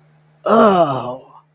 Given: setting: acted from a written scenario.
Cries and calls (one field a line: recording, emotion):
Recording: vocal sound without words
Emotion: disgust